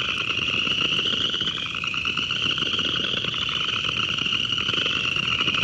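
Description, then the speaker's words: Upland chorus frogs: a dense, steady chorus of overlapping rasping trills with no pauses throughout. A large chorus; the species calls during cool weather. "We're hearing a large chorus of upland chorus frogs."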